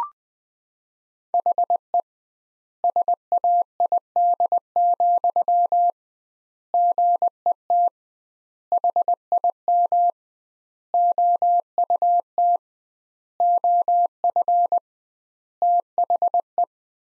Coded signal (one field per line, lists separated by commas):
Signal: Morse code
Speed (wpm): 20 wpm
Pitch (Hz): 700 Hz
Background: none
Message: HE SAID, GET HIM OUT OF THE